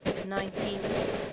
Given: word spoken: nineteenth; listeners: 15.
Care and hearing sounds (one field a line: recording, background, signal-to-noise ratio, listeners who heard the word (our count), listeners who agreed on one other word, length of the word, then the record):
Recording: one English word in noise, from a listening test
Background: noise modulated by three-talker babble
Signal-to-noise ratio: -5.0 dB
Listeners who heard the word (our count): 2 of 15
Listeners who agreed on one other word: 9 of 15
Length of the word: 0.94 s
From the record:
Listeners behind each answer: 9, 4, 2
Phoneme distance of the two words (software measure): 7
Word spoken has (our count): 2 syllables, 7 phonemes, stress on syllable 1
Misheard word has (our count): 2 syllables, 6 phonemes, stress on syllable 1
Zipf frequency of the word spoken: 2.64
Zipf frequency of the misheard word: 2.66